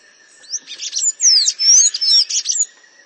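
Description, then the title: Bird song, a dense burst of fast whistled slurs and chattering trills lasting about two seconds, with a faint constant high tone behind. "LuckyPassaro Completos2Sama"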